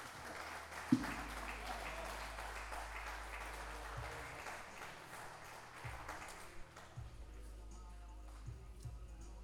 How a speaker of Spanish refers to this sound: Adelante. Fuerte el aplauso, por favor, para él.